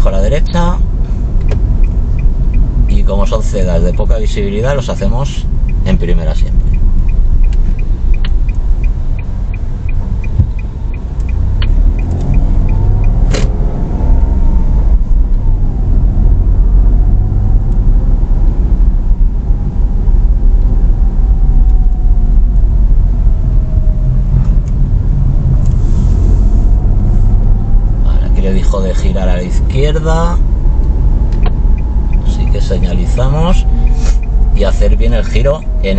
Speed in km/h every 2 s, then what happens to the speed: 26, 24, 19, 14, 7, 10, 18, 23, 27, 26, 23, 18, 17, 28, 29, 28, 25, 19.
0-8 slows to 7. 8-16 speeds up to 27. 16-24 slows to 17. 24-26 speeds up to 28. 29-36 slows to 19.